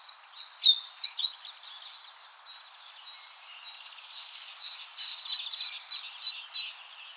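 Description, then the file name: Great tit: a jumbled high twitter opens, then after a pause a regular run of sharp high double notes, about three per second. "Parus major"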